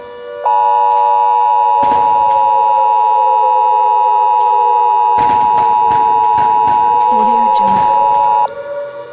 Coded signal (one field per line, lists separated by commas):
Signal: Emergency Alert System (SAME) tones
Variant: 853 and 960 Hz attention tone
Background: speech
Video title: EAS SCENARIO - THE UNFORTUNATE: PART 2